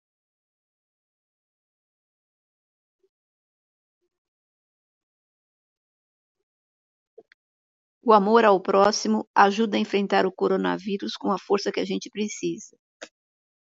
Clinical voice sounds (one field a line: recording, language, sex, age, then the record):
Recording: spoken sentence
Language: Brazilian Portuguese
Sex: female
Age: 60 to 69 years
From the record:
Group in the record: control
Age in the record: 63 years